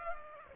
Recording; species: mosquito wingbeat signal from an infrared sensor; Culex pipiens